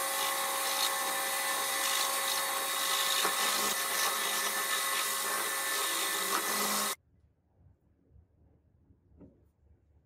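A high-pitched power tool runs steadily, likely grinding or polishing metal, with a bright, dense whine and steady tones holding for about seven seconds. It then cuts off abruptly, leaving near silence with faint small clicks and handling sounds.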